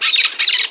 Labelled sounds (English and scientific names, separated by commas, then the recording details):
Brown-throated Parakeet (Eupsittula pertinax) contact call
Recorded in Margarita
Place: San Francisco, near stadium
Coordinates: 11.018, -64.294